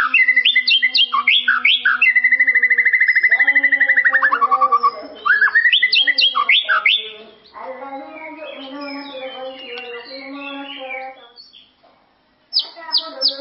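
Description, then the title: White-rumped shama song, a rapid run of varied rich whistles and fast repeated trills, including a long descending rattling phrase, pausing briefly before a final burst. "murai batu"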